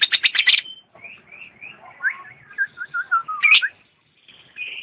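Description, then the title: Lovebird song: a burst of rapid harsh chirps, then a run of whistled notes rising and falling. Champion lovebird singing. "KICAU BURUNG LOVEBIRD JUARA"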